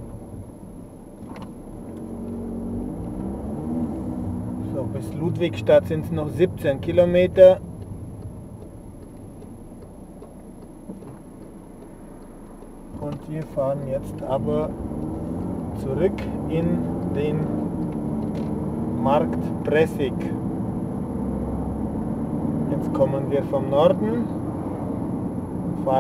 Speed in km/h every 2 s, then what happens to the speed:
9, 24, 16, 9, 0, 0, 14, 30, 46, 53, 65, 64, 60.
0-2 speeds up to 24. 3-8 brakes to 0. 8-11 standing. 11-20 pulls away to 65.